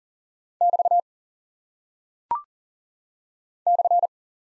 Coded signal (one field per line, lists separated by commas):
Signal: Morse code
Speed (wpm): 39 wpm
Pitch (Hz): 700 Hz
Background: none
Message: <BT> /